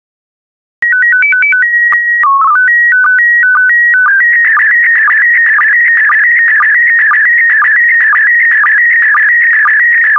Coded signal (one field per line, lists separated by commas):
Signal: SSTV (slow-scan television)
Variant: PD 120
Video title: 13008 Flowers Volume I SSTV PD120